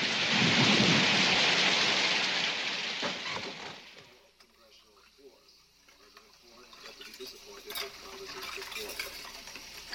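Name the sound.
thunder and rain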